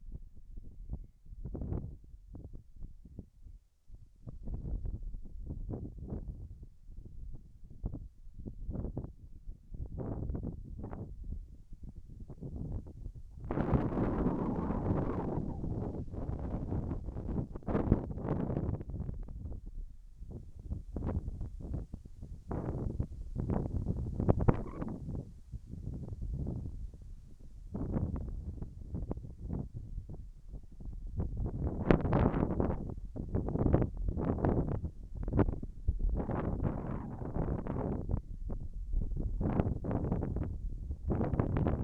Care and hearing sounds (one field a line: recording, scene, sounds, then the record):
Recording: everyday scene through a hearing-aid microphone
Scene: wind on the microphone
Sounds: wind, whistling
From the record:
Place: in front of a rural house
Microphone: behind the ear, left, front